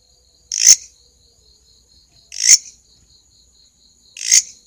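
Grasshopper rasps, three loud dry bursts about two seconds apart, with a steady faint high tone.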